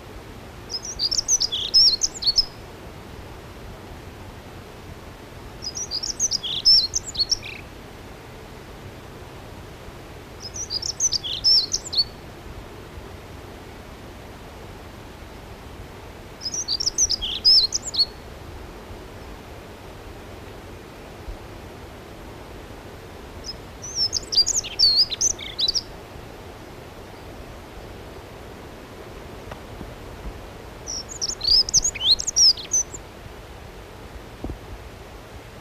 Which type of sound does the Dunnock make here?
song